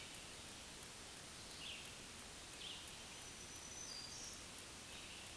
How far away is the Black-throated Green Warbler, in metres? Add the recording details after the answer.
about 25 m. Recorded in a Pennsylvania forest on 1 June 2023 at 07:18. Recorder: AudioMoth, point grid3_1_high. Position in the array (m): 166 m, 19 m